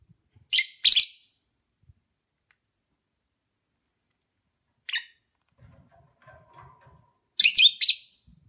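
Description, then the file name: Lovebird chirps: a harsh double note, a single call later and a final run of trilled notes. Mating ritual sounds of lovebirds. "lovebird omkicau"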